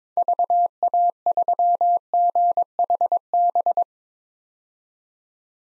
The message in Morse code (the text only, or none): VA3GHB